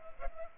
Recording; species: mosquito wingbeat signal from an infrared sensor; Culex pipiens